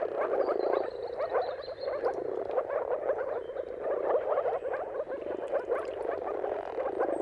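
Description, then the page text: Moor frogs in full mating chorus, a steady throbbing of bubbling calls, with a faint high whistle early on. Chorus of moor frogs giving mating calls at sunrise, at the turn of March and April, timing depending on the weather; described as a dawn chorus spectacle. "Dawn’s Chorus: Mating Calls of Marsh Frogs at Sunrise. Depending on the weather at the turn of March and April, you can witness an amazing spectacle of moor frogs. Jakub Orzecki. earth.fm"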